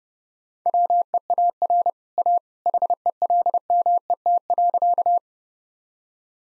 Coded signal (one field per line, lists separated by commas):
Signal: Morse code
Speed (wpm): 30 wpm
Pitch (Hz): 700 Hz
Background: none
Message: WEAR A HELMET.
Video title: Easy Sentences with Hints - 30wpm